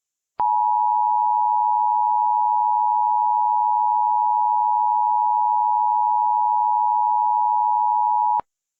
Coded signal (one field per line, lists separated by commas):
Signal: Emergency Alert System (SAME) tones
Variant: 853 and 960 Hz attention tone